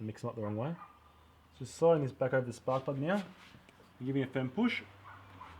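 A rubber spark plug lead boot is slid back over the spark plug in the cylinder head of a 2007 Subaru Impreza GG EJ201 engine. Someone talks throughout, and only faint handling sounds are heard between the words. The boot has not yet clicked or seated in the hole when the clip ends.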